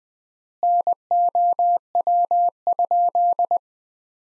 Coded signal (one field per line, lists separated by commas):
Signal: Morse code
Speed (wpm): 20 wpm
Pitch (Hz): 700 Hz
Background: none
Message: NOW?